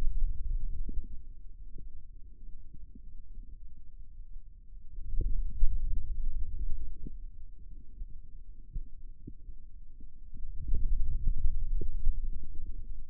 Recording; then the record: forearm muscle sounds (acoustic myography)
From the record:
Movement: ulnar deviation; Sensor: system 2, bracelet of six BSWA MPA416 microphones around the upper forearm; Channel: 2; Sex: male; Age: 22 years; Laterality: right